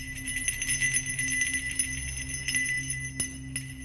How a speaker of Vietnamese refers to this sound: Vừa dứt câu thì sợi chỉ càng lúc càng rung mạnh đến te te. Cái chuông cũng kêu leng keng vang dội.